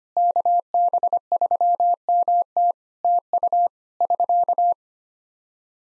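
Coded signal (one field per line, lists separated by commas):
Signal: Morse code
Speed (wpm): 25 wpm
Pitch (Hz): 700 Hz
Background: none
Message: KB3MT TU <SK>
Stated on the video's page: Practice QSO ending segment at 25 wpm for head-copy training, sent in Morse, spoken, then sent again.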